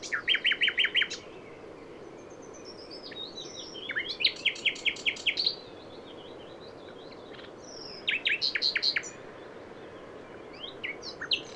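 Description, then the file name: Common nightingale song: three bursts of rapid repeated notes separated by quieter whistles and pauses, with a few short chirps near the end. "Luscinia megarhynchos"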